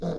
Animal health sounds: pig call; piglet (1 to 25 days)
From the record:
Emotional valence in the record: negative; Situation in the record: long isolation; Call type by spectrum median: low-frequency call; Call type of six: low-frequency stable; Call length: 0.19 s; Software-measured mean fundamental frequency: 57 Hz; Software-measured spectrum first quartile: 167 Hz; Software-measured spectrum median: 338 Hz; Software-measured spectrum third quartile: 563 Hz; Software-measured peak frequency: 478 Hz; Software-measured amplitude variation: 76 dB a second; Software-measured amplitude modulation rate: 7.9 a second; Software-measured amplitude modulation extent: 9.7 dB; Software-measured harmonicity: 4.5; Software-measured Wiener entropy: -0.49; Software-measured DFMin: 773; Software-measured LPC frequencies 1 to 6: 547, 1357, 3640, 3927, 5147, 5942 Hz

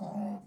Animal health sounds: pig call; piglet (1 to 25 days)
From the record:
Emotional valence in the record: negative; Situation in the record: long isolation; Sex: male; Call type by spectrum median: low-frequency call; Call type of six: low-frequency modulated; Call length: 0.46 s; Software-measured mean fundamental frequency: 68 Hz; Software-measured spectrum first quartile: 204 Hz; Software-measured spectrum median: 306 Hz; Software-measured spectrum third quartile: 695 Hz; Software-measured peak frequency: 198 Hz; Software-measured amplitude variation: 131 dB a second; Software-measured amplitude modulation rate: 20.5 a second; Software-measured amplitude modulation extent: 6.4 dB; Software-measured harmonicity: 6.2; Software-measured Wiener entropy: -0.60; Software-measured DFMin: 791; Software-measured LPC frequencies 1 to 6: 758, 1725, 2621, 3751, 4638, 5163 Hz

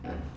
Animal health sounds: pig call; growing-finishing pig (85 days or more)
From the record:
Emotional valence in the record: negative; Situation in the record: barren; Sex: female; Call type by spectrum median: low-frequency call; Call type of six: low-frequency stable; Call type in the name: low-frequency stable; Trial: 1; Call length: 0.37 s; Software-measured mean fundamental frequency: 65 Hz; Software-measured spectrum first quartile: 109 Hz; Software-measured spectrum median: 271 Hz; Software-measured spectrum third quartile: 669 Hz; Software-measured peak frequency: 265 Hz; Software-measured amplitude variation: 145 dB a second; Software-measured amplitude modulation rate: 25.5 a second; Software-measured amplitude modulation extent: 5.7 dB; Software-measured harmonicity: -3.2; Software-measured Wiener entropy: -0.72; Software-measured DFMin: 1198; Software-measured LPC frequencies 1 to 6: 642, 1592, 2374, 2867, 3874, 4702 Hz

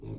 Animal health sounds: pig call; weaner (32 to 43 days)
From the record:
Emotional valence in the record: negative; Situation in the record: novel object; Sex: female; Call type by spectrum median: low-frequency call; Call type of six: low-frequency stable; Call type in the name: low-frequency stable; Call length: 0.19 s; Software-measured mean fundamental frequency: 55 Hz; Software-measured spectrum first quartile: 105 Hz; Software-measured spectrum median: 194 Hz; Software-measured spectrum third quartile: 365 Hz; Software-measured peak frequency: 118 Hz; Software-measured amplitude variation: 117 dB a second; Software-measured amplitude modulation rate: 31.8 a second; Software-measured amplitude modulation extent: 3.7 dB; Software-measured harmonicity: -2.6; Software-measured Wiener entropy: 0.17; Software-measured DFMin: 1238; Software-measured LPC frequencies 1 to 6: 323, 2468, 3655, 4110, 5155, 7698 Hz

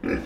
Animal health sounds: pig call; growing-finishing pig (85 days or more)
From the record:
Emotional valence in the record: negative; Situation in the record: barren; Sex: male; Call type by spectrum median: low-frequency call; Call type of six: low-frequency modulated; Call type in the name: low-frequency modulated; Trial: 3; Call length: 0.26 s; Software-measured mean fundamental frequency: 47 Hz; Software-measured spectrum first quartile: 271 Hz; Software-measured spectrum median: 457 Hz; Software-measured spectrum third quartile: 1290 Hz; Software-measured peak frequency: 268 Hz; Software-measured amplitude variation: 157 dB a second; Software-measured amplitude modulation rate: 25.1 a second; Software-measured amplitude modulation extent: 6.2 dB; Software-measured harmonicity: 0.7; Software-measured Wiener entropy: -1.63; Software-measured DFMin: 1083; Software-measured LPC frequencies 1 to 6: 379, 1642, 2395, 3644, 5005, 5784 Hz

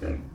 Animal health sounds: pig call; growing-finishing pig (85 days or more)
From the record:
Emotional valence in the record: negative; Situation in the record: barren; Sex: female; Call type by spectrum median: low-frequency call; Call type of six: low-frequency stable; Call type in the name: low-frequency stable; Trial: 1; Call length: 0.34 s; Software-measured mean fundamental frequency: 69 Hz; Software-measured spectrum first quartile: 80 Hz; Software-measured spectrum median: 216 Hz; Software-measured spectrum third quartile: 449 Hz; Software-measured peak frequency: 77 Hz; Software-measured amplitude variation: 124 dB a second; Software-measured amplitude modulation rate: 14.6 a second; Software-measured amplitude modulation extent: 8.5 dB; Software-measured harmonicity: -1.0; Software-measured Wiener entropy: -0.20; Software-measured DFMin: 1302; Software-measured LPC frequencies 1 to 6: 439, 1594, 2398, 4134, 5139, 5988 Hz

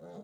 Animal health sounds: pig call; piglet (1 to 25 days)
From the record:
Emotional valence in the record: negative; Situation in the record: long isolation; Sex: male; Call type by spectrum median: low-frequency call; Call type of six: low-frequency stable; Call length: 0.23 s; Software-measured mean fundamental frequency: 82 Hz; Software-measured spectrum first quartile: 222 Hz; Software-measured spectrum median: 421 Hz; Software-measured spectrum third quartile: 602 Hz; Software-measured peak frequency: 197 Hz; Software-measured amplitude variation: 68 dB a second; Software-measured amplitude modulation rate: 23.4 a second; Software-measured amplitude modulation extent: 2.9 dB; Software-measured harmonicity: 1.6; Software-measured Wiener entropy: 0.27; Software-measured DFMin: 1094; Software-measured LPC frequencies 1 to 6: 536, 3752, 4783, 6009, 6892, 8324 Hz

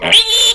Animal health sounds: pig call; piglet (1 to 25 days)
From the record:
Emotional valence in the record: negative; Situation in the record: crushing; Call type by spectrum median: high-frequency call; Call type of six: mixed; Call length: 0.55 s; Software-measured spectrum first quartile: 2786 Hz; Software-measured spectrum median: 3454 Hz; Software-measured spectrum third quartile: 4281 Hz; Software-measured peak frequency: 3538 Hz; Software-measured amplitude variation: 132 dB a second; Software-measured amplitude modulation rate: 20.7 a second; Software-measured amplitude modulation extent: 6.4 dB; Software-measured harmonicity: 7.3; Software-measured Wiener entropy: -2.56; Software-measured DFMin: 1140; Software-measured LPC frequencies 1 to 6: 655, 2317, 3045, 3503, 4045, 5474 Hz

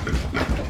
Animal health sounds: pig call; growing-finishing pig (85 days or more)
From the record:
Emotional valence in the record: positive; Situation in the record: run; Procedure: transit

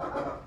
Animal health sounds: pig call; growing-finishing pig (85 days or more)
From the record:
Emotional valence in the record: positive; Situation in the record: run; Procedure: transit

